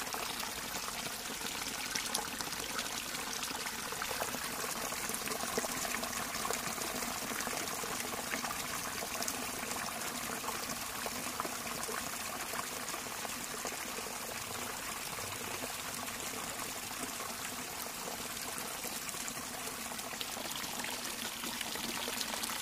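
A stream flows steadily with a dense, bright rush of water and faint low gurgles, unchanging throughout.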